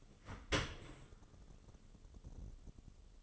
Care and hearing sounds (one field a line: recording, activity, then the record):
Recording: daily activity, microphone in the room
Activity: open dishwasher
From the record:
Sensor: 4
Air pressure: 1015.9 hPa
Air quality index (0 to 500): 105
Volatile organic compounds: 2 ppm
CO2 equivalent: 1175 ppm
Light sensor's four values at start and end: 8/18/7/7 and 8/18/7/7